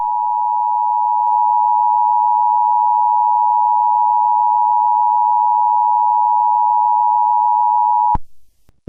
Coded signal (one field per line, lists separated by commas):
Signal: Emergency Alert System (SAME) tones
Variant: 853 and 960 Hz attention tone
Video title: EAS ICBM ALERT (not for on air as test)